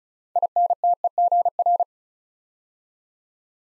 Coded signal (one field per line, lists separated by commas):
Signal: Morse code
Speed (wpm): 36 wpm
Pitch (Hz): 700 Hz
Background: none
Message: INTEGR